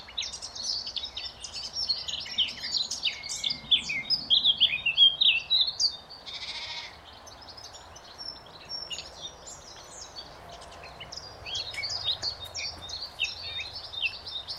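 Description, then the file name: Eurasian blackcap uttering rapid, high twittering notes in busy bursts, loudest in the first six seconds, a brief noisy burst around six seconds, then sparser chirps returning near the end. "Sylvia atricapilla"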